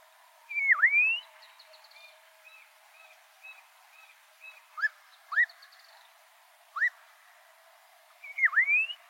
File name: Canto da noivinha coroada